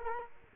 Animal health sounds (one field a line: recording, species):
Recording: mosquito wingbeat signal from an infrared sensor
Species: Culex quinquefasciatus